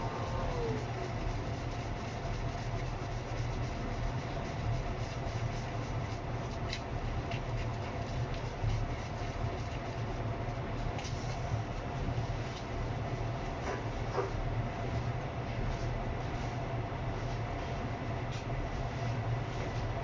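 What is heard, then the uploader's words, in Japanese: Kitchen noises: a steady, dense low hum and rumble throughout, with a few faint clicks and knocks around seven, eleven and fourteen seconds. キッチンでの物音をお送りします。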